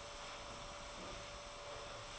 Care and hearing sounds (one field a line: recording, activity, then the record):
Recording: daily activity, microphone in the room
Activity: vacuum cleaning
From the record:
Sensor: 5